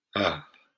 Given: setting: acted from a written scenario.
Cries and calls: vocal sound without words; relief

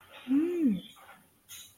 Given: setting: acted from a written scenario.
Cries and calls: vocal sound without words; realization

